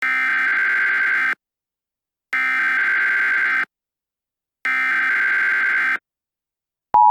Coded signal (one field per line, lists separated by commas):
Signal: Emergency Alert System (SAME) tones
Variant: header bursts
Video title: EAS Scenario: The Mystery Of The Meteor - Discovery